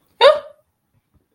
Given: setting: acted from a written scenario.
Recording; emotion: vocal sound without words; fear